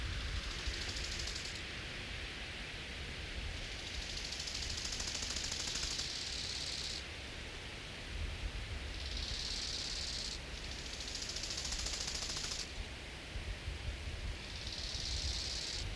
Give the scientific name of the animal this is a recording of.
Chorthippus biguttulus